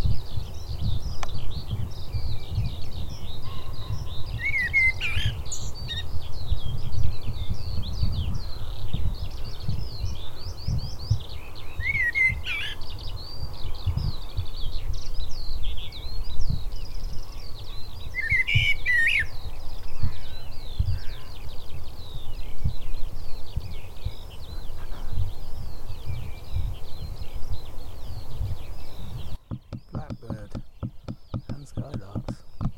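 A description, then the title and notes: Songbirds sing continuously over farmland, a dense, busy twittering that never pauses, likely skylarks, with a louder bright phrase recurring about every six or seven seconds. A low rumbling wind runs underneath throughout, dropping away abruptly near the end. FARMLAND SONGBIRDS (BLACKBIRD & SKYLARK). A 2020 sound clip while out surveying. Featuring Blackbirds and Skylarks in song.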